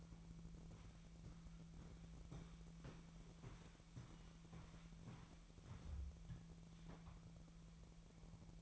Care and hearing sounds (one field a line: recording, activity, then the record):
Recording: daily activity, microphone in the room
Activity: walk to room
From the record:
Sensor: 1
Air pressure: 1012.3 hPa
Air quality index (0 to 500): 193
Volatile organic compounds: 4 ppm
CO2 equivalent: 1550 ppm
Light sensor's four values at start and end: 84/202/85/91 and 82/195/83/89